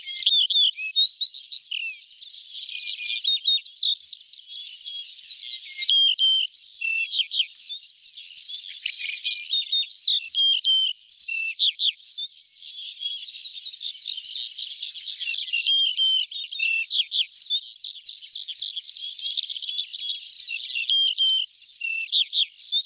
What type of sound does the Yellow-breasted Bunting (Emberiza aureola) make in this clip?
song